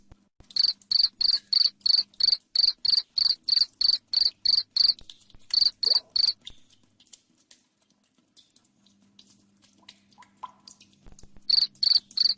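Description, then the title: Cricket chirping in a long fast run of shrill trilled pulses, three more after a pause, several seconds of near quiet, then chirps resume. Loud cricket chirping played to make lovebirds sing continuously. "Suara JANGKRIK NGERIK Keras Bikin LOVEBIRD Jadi NGEKEK Terus Vubey"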